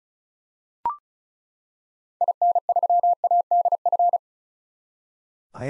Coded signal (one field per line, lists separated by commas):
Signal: Morse code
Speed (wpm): 36 wpm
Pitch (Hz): 700 Hz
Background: none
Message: IN3ADF